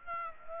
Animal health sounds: mosquito wingbeat signal from an infrared sensor; Aedes aegypti

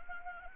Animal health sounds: mosquito wingbeat signal from an infrared sensor; Anopheles arabiensis

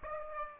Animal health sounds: mosquito wingbeat signal from an infrared sensor; Aedes aegypti

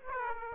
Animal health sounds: mosquito wingbeat signal from an infrared sensor; Aedes aegypti

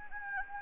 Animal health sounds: mosquito wingbeat signal from an infrared sensor; Anopheles gambiae

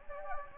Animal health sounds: mosquito wingbeat signal from an infrared sensor; Anopheles gambiae

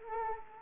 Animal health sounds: mosquito wingbeat signal from an infrared sensor; Anopheles arabiensis

